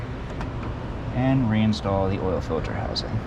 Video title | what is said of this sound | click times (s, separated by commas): Buick Encore Oil Change for Dummies | and it'll click into place and you'll have a single piece | 0.4 s